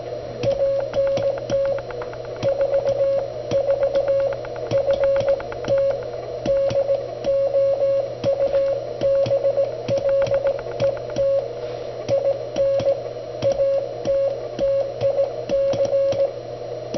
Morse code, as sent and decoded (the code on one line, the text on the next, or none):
.- -. - / ....- ....- / ..-. - / -.. --- ..- -... .-.. . - / .. -. / .- - - .. -.-.
ANT 44 FT DOUBLET IN ATTIC